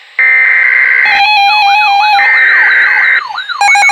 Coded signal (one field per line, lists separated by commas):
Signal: Emergency Alert System (SAME) tones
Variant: header bursts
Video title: XLF339 Severe Thunderstorm Warning 7/8/2021 (EAS #750)